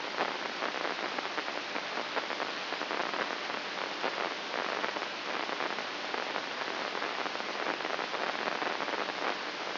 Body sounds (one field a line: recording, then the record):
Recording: brain microelectrode recording played as sound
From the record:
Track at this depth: inside the subthalamic nucleus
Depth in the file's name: 7.043 mm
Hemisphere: left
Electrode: 2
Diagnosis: Parkinson's disease